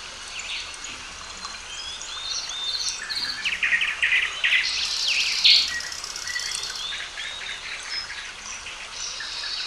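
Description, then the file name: Birds singing with a steady wash of high chirps and trills, swelling into a louder burst of rapid notes midway, then settling back. Calm birdsong. "Calm Singing Birds Zone"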